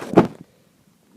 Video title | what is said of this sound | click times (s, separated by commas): Skiva Flexible Long Arms Cell Phone Clip Holder Stand (AH112) Review | right here is kind of like a ball and socket joint and it literally just snaps right into the clamp so | 0.2 s